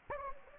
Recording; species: mosquito wingbeat signal from an infrared sensor; Anopheles gambiae